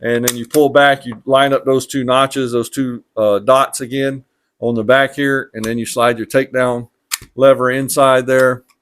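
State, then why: Not seated. During reassembly of a SAR B6 semi-automatic pistol, the slide is pulled back to line up the two alignment dots on the slide and frame, and the takedown lever is slid into the frame while someone talks. The lever has not snapped into place yet; nothing has seated or clicked in this clip.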